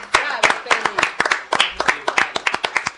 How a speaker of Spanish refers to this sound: Muy bien, fingido el aplauso.